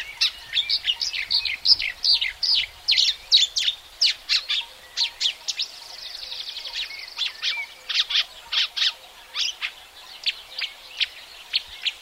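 Marsh warbler song: energetic chattering of clicks, rattles and whistled snippets, with a brief buzzy trill midway before sharp notes resume.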